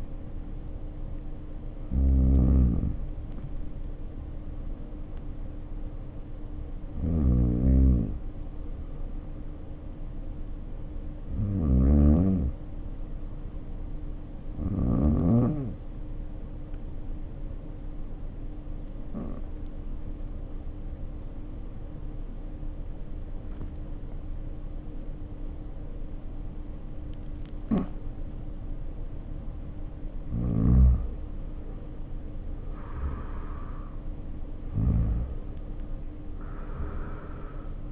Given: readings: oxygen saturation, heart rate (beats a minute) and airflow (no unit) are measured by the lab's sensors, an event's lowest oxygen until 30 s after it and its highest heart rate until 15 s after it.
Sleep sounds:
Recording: breathing in sleep by a smartphone at the bedside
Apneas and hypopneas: 1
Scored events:
16.00-30.90 s: obstructive apnea (N1, oxygen 95% highest, then 83% lowest, heart rate 57 at the start, 65 highest)
From the record:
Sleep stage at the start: N1 (lightest sleep)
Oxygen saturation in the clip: 77 to 95%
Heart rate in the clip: 54 to 65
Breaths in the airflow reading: 6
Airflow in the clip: -5.7 to 8.0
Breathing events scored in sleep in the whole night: 520 in 7.2 hours asleep

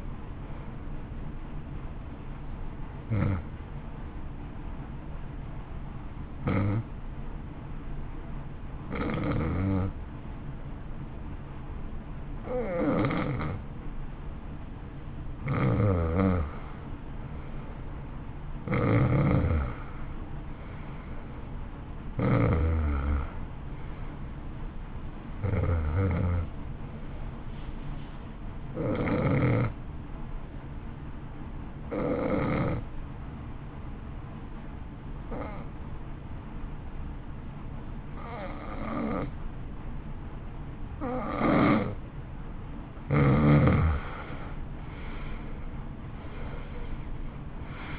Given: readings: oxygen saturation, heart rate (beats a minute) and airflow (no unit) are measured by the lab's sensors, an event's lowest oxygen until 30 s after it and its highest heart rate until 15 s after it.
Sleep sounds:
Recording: breathing in sleep by a smartphone at the bedside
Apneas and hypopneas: 2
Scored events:
4.00-16.20 s: hypopnea (N1, oxygen 93% highest, then 89% lowest, heart rate 55 at the start, 61 highest)
29.00-42.40 s: hypopnea (N1, oxygen 92% highest, then 81% lowest, heart rate 60 at the start, 65 highest)
From the record:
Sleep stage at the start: N1 (lightest sleep)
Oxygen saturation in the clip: 83 to 93%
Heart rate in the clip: 54 to 61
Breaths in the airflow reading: 13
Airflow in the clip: -14.8 to 12.0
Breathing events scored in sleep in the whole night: 328 in 6.3 hours asleep

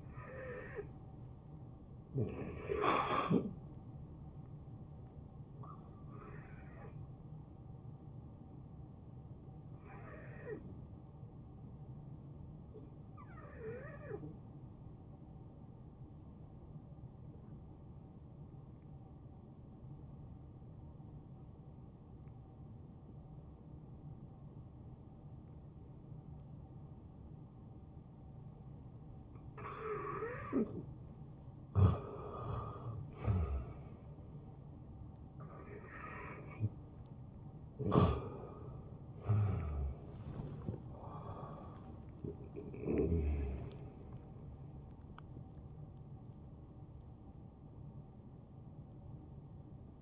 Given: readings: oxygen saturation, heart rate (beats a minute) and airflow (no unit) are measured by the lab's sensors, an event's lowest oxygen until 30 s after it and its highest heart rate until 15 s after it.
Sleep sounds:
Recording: breathing in sleep by a smartphone at the bedside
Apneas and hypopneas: 1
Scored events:
4.00-31.40 s: hypopnea (N1, oxygen 93% highest, then 85% lowest, heart rate 76 at the start, 78 highest)
From the record:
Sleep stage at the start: N1 (lightest sleep)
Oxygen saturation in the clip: 83 to 93%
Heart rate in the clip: 53 to 78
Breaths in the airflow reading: 9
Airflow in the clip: -10.6 to 7.4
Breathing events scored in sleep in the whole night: 263 in 5.5 hours asleep

